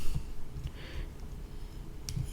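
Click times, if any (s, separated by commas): 2.1 s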